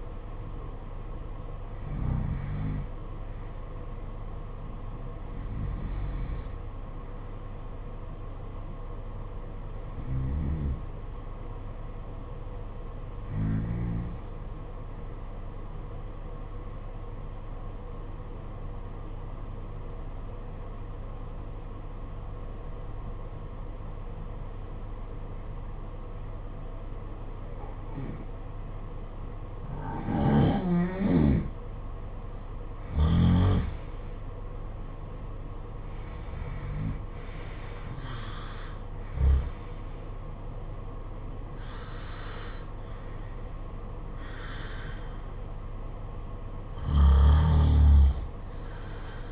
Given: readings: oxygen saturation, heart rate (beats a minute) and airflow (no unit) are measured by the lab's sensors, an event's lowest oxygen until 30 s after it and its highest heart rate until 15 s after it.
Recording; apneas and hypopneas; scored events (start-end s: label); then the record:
breathing in sleep by a smartphone at the bedside; 1
4.00-49.32 s: new sleep stage, N2 (light sleep)
15.00-32.60 s: hypopnea (N2, oxygen 96% highest, then 86% lowest, heart rate 53 at the start, 64 highest)
From the record:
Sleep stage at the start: N1 (lightest sleep); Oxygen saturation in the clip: 87 to 96%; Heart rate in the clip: 50 to 64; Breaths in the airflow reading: 12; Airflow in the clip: -16.4 to 13.0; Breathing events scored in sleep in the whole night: 476 in 9.7 hours asleep